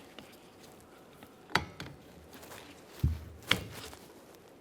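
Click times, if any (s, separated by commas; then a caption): 1.6 s. A new front windshield wiper blade on a 2014–2018 Mazda 3 has its hooked end slid over the adapter on the wiper arm and is pushed toward the passenger side until its plastic locking tab engages. A sharp click at 1.5 s marks the blade seating onto the arm adapter, followed by lighter handling knocks and another sharp tap at 3.5 s. The blade is locked on and is then tugged to confirm it stays in place.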